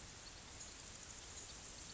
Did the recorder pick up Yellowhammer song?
no